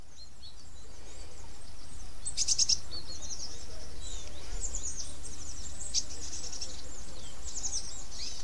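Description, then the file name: Eurasian blue tit calls: thin, high chirps scattered throughout, with two sharper, louder notes, one early and one past the middle, over a steady low rumble. "Cyanistes caeruleus"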